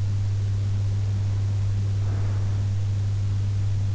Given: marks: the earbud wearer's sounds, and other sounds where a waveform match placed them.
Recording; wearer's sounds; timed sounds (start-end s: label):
sounds in sleep by an in-ear microphone; breath
1.87-3.38 s: breath